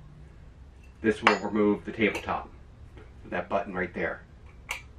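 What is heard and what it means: Someone talks while handling the release button on the pedestal mounting plate that holds the dinette tabletop in a Tiffin Allegro 36LA RV, with a couple of brief sharp taps near the end. The clip ends before the part goes home, so nothing has seated or clicked yet.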